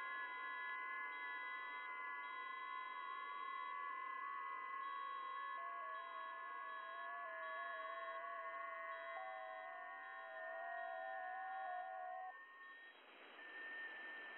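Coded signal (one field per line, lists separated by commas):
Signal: FT8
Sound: many overlapping soft, slowly stepping tones that stop together after about 12.6 seconds, then hiss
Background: radio static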